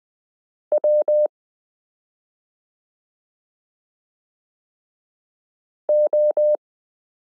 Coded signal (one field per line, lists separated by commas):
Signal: Morse code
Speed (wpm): 20 wpm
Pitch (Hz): 600 Hz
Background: none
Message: WO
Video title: Morse Code Listening Lesson 13 - k r s u a p t l o w i (.)period n